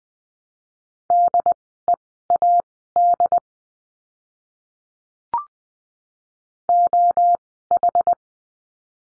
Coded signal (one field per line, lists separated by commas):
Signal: Morse code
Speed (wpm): 20 wpm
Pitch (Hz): 700 Hz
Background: none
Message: DEAD OH